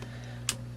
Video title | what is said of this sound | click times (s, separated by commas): QIMIC 1-Axis Gimbal Stabilizer For Smartphones Review | So that'll lock right there, and that's all set. | 0.5 s